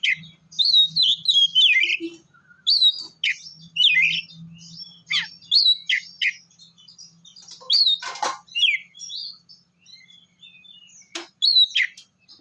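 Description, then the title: Oriental magpie-robin song: fast varied phrases of whistles and sharp down-slurred chirps, with a faint low hum and a brief scratchy burst. "kacer"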